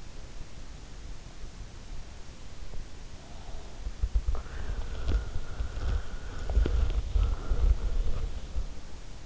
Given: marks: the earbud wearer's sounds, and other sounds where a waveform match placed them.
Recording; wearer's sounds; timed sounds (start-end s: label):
sounds in sleep by an in-ear microphone; body movement, breath
3.78-9.26 s: body movement
4.23-8.78 s: breath